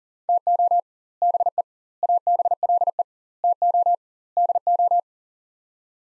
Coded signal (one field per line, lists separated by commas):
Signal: Morse code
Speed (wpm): 40 wpm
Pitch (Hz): 700 Hz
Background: none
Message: TO BE ABLE TO DO